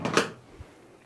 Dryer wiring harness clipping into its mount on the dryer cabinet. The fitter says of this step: And then if you like that, it snaps right in there.